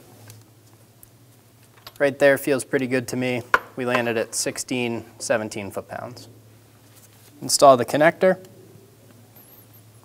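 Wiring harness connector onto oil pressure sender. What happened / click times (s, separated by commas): The connector is handled but not yet seated; no locking click / none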